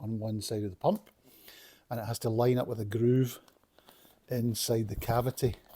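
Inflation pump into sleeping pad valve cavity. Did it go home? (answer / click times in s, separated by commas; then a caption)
no / none. A built-in inflation pump for a Flextail R5 Zero mattress sleeping pad is handled, its slot being lined up with a groove inside the pad's valve cavity before it is pushed in to lock. Someone talks throughout, with no distinct clicks or sudden sounds. Nothing has seated or clicked yet.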